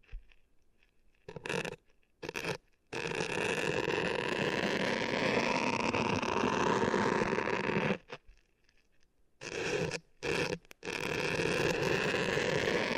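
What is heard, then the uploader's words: Ear extension triggers played close to the microphone: dense, crackly rubbing and scraping that starts and stops in bursts. Short bursts near the start give way to a long steady stretch from about three to eight seconds, then more choppy bursts before a steady finish. ASMR Brain Melting Ear Extension Triggers for Sleep (No Talking).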